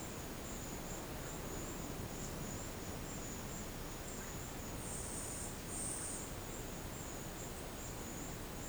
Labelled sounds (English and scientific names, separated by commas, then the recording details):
none
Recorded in secondary vegetation near Puerto Asís, Putumayo, Colombia, on 18 December 2024 at 11:30
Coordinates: 0.489, -76.322
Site G059